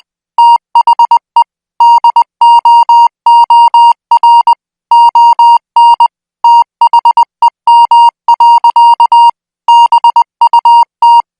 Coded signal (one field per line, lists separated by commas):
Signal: Morse code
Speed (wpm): 20 wpm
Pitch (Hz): 940 Hz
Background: music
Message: THE DOOR ON THEM. BUT